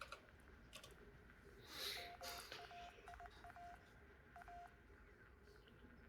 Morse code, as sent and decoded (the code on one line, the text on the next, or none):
-- .- .. .- / .-
MAIA A